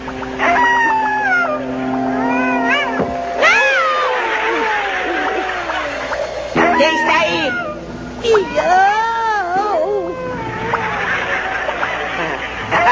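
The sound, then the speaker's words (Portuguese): A cat meows repeatedly, a run of drawn-out, wavering cries that rise and fall in pitch, fairly loud over a steady tonal drone. “Quando ela abre, pula um gato. Miau!”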